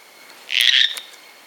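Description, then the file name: Sting's tree frog call: one strong, high, buzzy note lasting under half a second, with faint clicks after it. "Dendropsophus stingi"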